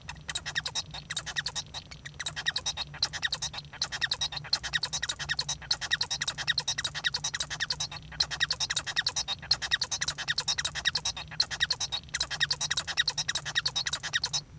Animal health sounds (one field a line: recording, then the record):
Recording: song of a male Bengalese finch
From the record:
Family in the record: son of father 1